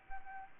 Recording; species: mosquito wingbeat signal from an infrared sensor; Anopheles arabiensis